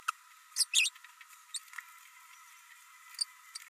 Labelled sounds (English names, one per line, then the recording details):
Green-rumped Parrotlet babbling
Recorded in a nest box in Venezuela
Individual 18B104A3